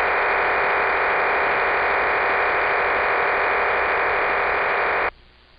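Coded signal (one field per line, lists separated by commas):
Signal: numbers station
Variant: HM01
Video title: 17 01 2023 Numbers HM01 Cuban Spy in Spanish 1815 on 11635 Bejuca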